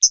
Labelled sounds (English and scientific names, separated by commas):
Hooded Warbler (Setophaga citrina) flight call